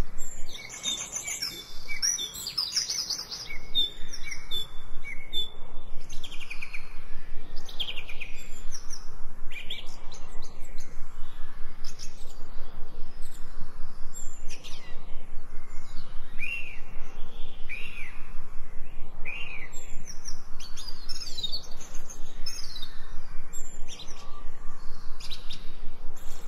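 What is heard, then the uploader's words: Nature sounds, filled with bright bird chirps and tweets that overlap densely from start to finish. Calls come quickly and irregularly, over a steady low hum of background noise. Nature Sounds.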